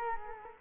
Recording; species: mosquito wingbeat signal from an infrared sensor; Culex quinquefasciatus